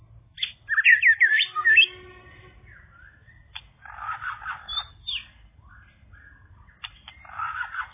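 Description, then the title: Java sparrow song of quick high chirps and sharp clicks in an uneven run, a bubbling burst at the start and softer chattering later. "kicau gelatik"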